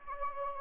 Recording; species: mosquito wingbeat signal from an infrared sensor; Anopheles gambiae